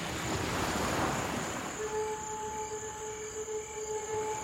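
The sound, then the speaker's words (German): A broad, hissing wash of surf swells and fades over the first couple of seconds as a surfer rides a wave at an island beach, then gives way to steady low roaring noise with thin, constant tonal hums running through it. “Eine schöne Welle hat er gerade.”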